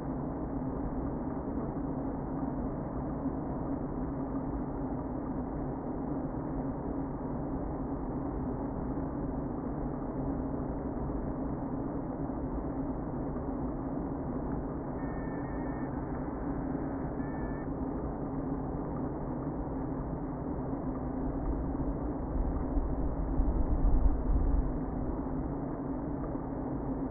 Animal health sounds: honeybee colony, microphone inside the hive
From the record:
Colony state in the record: queen present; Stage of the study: before two queens were removed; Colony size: about 60,000 bees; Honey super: yes

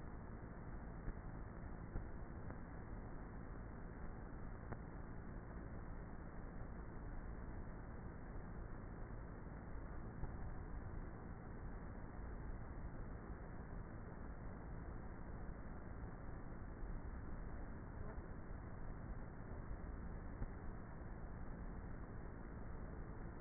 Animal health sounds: honeybee colony, microphone inside the hive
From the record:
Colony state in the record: queenless with a low population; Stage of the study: before two queens were removed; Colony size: about 30,000 bees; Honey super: no

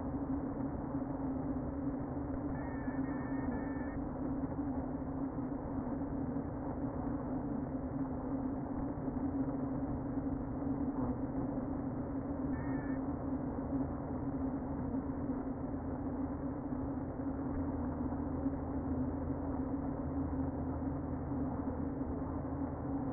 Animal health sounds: honeybee colony, microphone inside the hive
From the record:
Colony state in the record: queen present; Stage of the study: before two queens were removed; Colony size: about 60,000 bees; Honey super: yes

